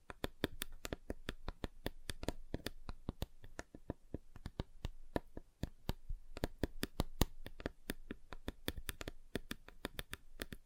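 Fingers tap on a table in quick, uneven bursts, each tap a short sharp click reaching from low thumps to bright top. The taps come several per second, with a brief sparse stretch near the middle before dense clusters resume; faint soft rustling sits underneath.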